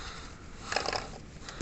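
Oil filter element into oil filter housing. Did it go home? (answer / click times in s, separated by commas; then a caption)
no / none. A new oil filter element with its new o-ring, on a Peugeot 308 1.6 HDi, is lined up with a small hole at the bottom of the plastic oil filter housing and handled into position. Only soft handling and rubbing sounds are heard, with a few brief knocks around 0.7 to 0.9 seconds. Nothing has seated or clicked yet.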